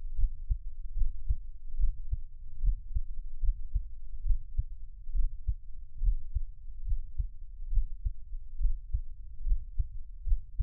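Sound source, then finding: Heart, close-miked. Heartbeat.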